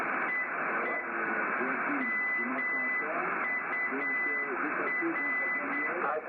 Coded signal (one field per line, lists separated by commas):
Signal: Morse code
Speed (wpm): 8 wpm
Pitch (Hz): 2000 Hz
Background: speech, radio noise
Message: EE MUR